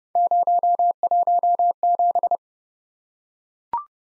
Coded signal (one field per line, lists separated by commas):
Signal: Morse code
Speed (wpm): 28 wpm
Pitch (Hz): 700 Hz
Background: none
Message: 017